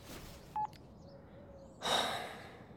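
A single short, bright electronic beep like a phone keypad tone sounds over a quiet hiss as a phone number is dialed, followed a moment later by a brief burst of soft rustling noise.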